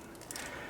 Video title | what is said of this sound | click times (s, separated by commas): How To Make A Leather Apple Watch Band | and you should hear it all click in place and i just like to wiggle it a little bit make sure it's holding on pretty strong | 0.3 s, 0.4 s